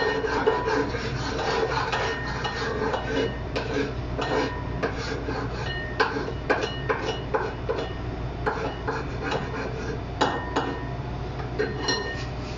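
Natto omelette mixture being stirred, with frequent irregular clinks and taps of utensil against a bowl over a steady low hum.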